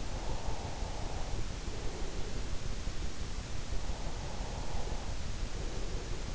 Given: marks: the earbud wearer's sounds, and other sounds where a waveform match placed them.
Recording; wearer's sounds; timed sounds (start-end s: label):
sounds in sleep by an in-ear microphone; breath
0.15-2.70 s: breath
4.07-6.35 s: breath